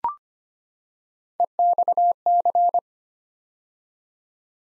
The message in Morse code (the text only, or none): EXC